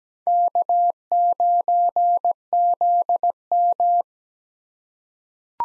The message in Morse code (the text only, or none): K9ZM